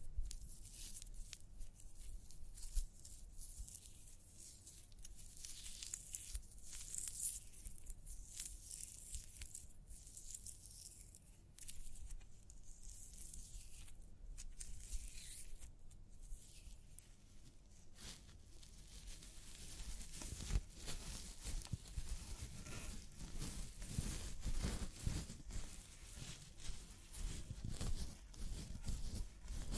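Scalp massage during a hair wash, with steady wet rubbing and scratching through the whole take. Bright crackling strokes come in quick, irregular bursts for the first twenty seconds, then the sound turns fuller and lower, with heavier, denser rubbing toward the end.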